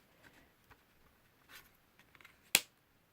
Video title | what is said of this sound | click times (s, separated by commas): Halloween Junk Journal | you heard it snap it's got a magnet | 2.5 s